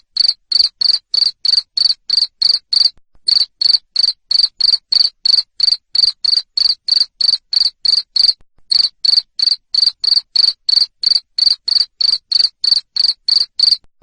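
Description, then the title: Cricket produces a long run of piercing, evenly spaced chirps, around three a second, pausing briefly twice. Loud cricket chirping used to stimulate lovebirds to sing continuously. "Suara JANGKRIK NGERIK Keras Bikin LOVEBIRD Jadi NGEKEK Terus Vubey"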